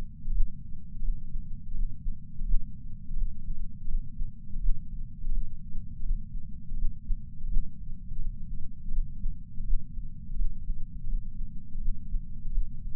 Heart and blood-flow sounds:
heart sounds by patch sensor on the chest; 84 bpm
0.32 s: heartbeat
1.03 s: heartbeat
1.74 s: heartbeat
2.46 s: heartbeat
3.17 s: heartbeat
3.88 s: heartbeat
4.60 s: heartbeat
5.32 s: heartbeat
6.03 s: heartbeat
6.77 s: heartbeat
7.49 s: heartbeat
8.19 s: heartbeat
8.91 s: heartbeat
9.65 s: heartbeat
10.36 s: heartbeat
11.07 s: heartbeat
11.80 s: heartbeat
12.52 s: heartbeat
From the record:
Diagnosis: coronary artery disease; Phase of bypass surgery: postoperative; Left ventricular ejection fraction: 59.9%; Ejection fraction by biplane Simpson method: 56%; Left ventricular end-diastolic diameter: 50 mm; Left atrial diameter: 38 mm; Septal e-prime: 8.6 cm/s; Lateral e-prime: 8.8 cm/s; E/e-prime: 7.7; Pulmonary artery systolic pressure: 23 mmHg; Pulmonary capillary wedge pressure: 16 mmHg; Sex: male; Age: 69 years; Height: 160 cm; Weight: 69 kg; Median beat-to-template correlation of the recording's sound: 0.74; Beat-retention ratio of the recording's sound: 0.99

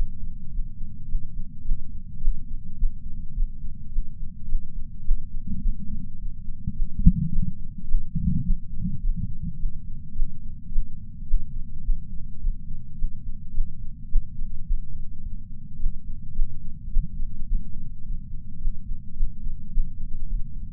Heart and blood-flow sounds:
heart sounds by patch sensor on the chest; 106 bpm
0.50 s: heartbeat
1.07 s: heartbeat
1.63 s: heartbeat
2.20 s: heartbeat
2.76 s: heartbeat
3.34 s: heartbeat
3.90 s: heartbeat
4.47 s: heartbeat
5.03 s: heartbeat
5.60 s: heartbeat
6.17 s: heartbeat
6.74 s: heartbeat
7.30 s: heartbeat
7.87 s: heartbeat
8.43 s: heartbeat
9.01 s: heartbeat
9.58 s: heartbeat
10.14 s: heartbeat
10.70 s: heartbeat
11.26 s: heartbeat
11.83 s: heartbeat
12.40 s: heartbeat
12.96 s: heartbeat
13.52 s: heartbeat
14.08 s: heartbeat
14.65 s: heartbeat
15.22 s: heartbeat
15.78 s: heartbeat
16.33 s: heartbeat
16.89 s: heartbeat
17.46 s: heartbeat
18.03 s: heartbeat
18.59 s: heartbeat
19.15 s: heartbeat
19.70 s: heartbeat
20.27 s: heartbeat
From the record:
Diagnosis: coronary artery disease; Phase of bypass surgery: postoperative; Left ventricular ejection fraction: 54.7%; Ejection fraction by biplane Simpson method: 51.3%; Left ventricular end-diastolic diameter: 46 mm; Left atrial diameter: 45 mm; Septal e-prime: 5.3 cm/s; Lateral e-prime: 7.1 cm/s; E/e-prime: 10.6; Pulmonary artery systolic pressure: 26 mmHg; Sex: male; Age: 58 years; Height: 182 cm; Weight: 89 kg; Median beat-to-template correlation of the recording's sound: 0.72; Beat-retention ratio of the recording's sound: 0.99

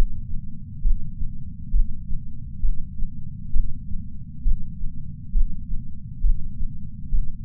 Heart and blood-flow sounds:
heart sounds by patch sensor on the chest; 67 bpm
0.80 s: heartbeat
1.70 s: heartbeat
2.59 s: heartbeat
3.50 s: heartbeat
4.41 s: heartbeat
5.31 s: heartbeat
6.20 s: heartbeat
7.08 s: heartbeat
From the record:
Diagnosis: coronary artery disease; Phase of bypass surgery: intraoperative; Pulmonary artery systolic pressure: 22 mmHg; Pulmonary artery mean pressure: 15 mmHg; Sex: female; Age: 60 years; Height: 158 cm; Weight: 54 kg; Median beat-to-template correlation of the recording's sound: 0.93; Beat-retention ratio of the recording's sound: 0.95

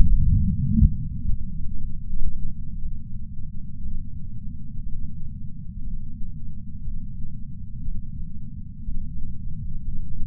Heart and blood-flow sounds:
heart sounds by patch sensor on the chest; 60 bpm
0.76 s: heartbeat
1.78 s: heartbeat
2.79 s: heartbeat
3.80 s: heartbeat
4.80 s: heartbeat
5.81 s: heartbeat
6.81 s: heartbeat
7.82 s: heartbeat
8.82 s: heartbeat
9.82 s: heartbeat
From the record:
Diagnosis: coronary artery disease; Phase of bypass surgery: preoperative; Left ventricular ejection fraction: 61.9%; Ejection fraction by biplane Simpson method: 50.3%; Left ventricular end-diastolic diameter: 48 mm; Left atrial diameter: 41 mm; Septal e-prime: 7.5 cm/s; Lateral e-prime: 8.4 cm/s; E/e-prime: 8.7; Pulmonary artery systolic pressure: 21 mmHg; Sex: male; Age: 71 years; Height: 162 cm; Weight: 75 kg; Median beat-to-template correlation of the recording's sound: 0.81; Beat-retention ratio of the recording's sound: 0.97

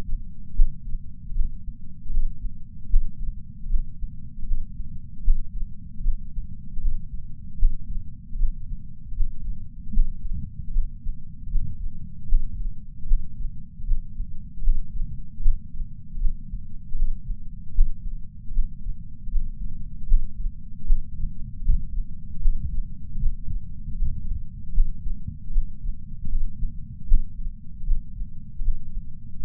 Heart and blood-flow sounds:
heart sounds by patch sensor on the chest; 77 bpm
0.56 s: heartbeat
1.34 s: heartbeat
2.11 s: heartbeat
2.90 s: heartbeat
3.68 s: heartbeat
4.46 s: heartbeat
5.24 s: heartbeat
6.03 s: heartbeat
6.80 s: heartbeat
7.59 s: heartbeat
8.38 s: heartbeat
9.15 s: heartbeat
9.93 s: heartbeat
10.73 s: heartbeat
11.50 s: heartbeat
12.28 s: heartbeat
13.08 s: heartbeat
13.86 s: heartbeat
14.64 s: heartbeat
15.42 s: heartbeat
16.20 s: heartbeat
16.96 s: heartbeat
17.75 s: heartbeat
18.53 s: heartbeat
19.30 s: heartbeat
20.08 s: heartbeat
20.86 s: heartbeat
21.64 s: heartbeat
22.42 s: heartbeat
23.20 s: heartbeat
23.97 s: heartbeat
24.74 s: heartbeat
25.52 s: heartbeat
26.29 s: heartbeat
27.08 s: heartbeat
27.86 s: heartbeat
28.63 s: heartbeat
29.41 s: heartbeat
From the record:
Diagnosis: coronary artery disease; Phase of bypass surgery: postoperative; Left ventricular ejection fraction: 54.7%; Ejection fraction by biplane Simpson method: 53.9%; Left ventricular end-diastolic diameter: 46 mm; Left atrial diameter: 34 mm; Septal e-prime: 6.6 cm/s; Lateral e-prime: 6.8 cm/s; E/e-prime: 16.6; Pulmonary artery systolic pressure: 36 mmHg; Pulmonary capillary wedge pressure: 11 mmHg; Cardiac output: 4.5 L/min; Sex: male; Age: 74 years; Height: 175 cm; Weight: 66 kg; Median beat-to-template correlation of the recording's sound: 0.84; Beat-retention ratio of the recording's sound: 0.98

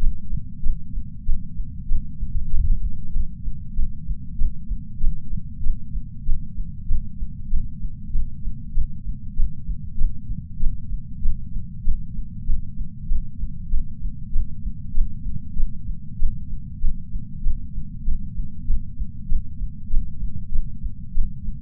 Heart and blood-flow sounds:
heart sounds by patch sensor on the chest; 97 bpm
0.60 s: heartbeat
1.22 s: heartbeat
1.85 s: heartbeat
2.47 s: heartbeat
3.10 s: heartbeat
3.73 s: heartbeat
4.35 s: heartbeat
4.97 s: heartbeat
5.60 s: heartbeat
6.22 s: heartbeat
6.84 s: heartbeat
7.47 s: heartbeat
8.09 s: heartbeat
8.71 s: heartbeat
9.33 s: heartbeat
9.95 s: heartbeat
10.57 s: heartbeat
11.19 s: heartbeat
11.81 s: heartbeat
12.43 s: heartbeat
13.05 s: heartbeat
13.67 s: heartbeat
14.29 s: heartbeat
14.91 s: heartbeat
15.53 s: heartbeat
16.15 s: heartbeat
16.77 s: heartbeat
17.40 s: heartbeat
18.01 s: heartbeat
18.63 s: heartbeat
19.25 s: heartbeat
19.87 s: heartbeat
20.49 s: heartbeat
21.11 s: heartbeat
From the record:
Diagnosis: coronary artery disease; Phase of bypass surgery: preoperative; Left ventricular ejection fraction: 60.9%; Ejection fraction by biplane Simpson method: 52.5%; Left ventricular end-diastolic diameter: 49 mm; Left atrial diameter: 38 mm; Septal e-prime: 4.5 cm/s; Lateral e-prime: 5.9 cm/s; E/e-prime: 13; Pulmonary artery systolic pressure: 21 mmHg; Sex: female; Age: 74 years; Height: 160 cm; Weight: 64 kg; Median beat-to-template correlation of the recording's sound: 0.92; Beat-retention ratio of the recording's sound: 0.97

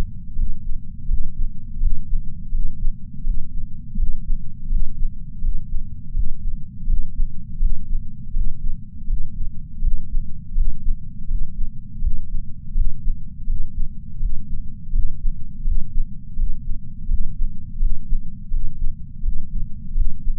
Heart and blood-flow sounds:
heart sounds by patch sensor on the chest; 83 bpm
0.36 s: heartbeat
1.08 s: heartbeat
1.80 s: heartbeat
2.52 s: heartbeat
3.24 s: heartbeat
3.97 s: heartbeat
4.69 s: heartbeat
5.42 s: heartbeat
6.14 s: heartbeat
6.87 s: heartbeat
7.60 s: heartbeat
8.34 s: heartbeat
9.07 s: heartbeat
9.81 s: heartbeat
10.55 s: heartbeat
11.28 s: heartbeat
12.01 s: heartbeat
12.74 s: heartbeat
13.47 s: heartbeat
14.20 s: heartbeat
14.93 s: heartbeat
15.65 s: heartbeat
16.36 s: heartbeat
17.08 s: heartbeat
17.80 s: heartbeat
18.51 s: heartbeat
19.23 s: heartbeat
19.95 s: heartbeat
From the record:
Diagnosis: coronary artery disease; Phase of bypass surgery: preoperative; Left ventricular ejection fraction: 63.3%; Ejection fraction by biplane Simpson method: 60.1%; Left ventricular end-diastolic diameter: 44 mm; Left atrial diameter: 34 mm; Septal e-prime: 5.7 cm/s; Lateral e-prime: 6.6 cm/s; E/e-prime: 12.8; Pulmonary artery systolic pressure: 18 mmHg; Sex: female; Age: 71 years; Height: 150 cm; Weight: 59 kg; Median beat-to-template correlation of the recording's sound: 0.93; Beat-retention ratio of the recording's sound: 0.99

